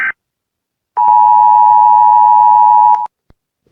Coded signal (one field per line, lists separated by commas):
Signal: Emergency Alert System (SAME) tones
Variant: 853 and 960 Hz attention tone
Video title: Eas Mock Extreme Rain Warning